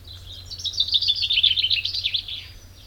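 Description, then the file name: Common chaffinch giving a rapid, continuous run of high twittering notes over a low background hum. "Fringilla coelebs"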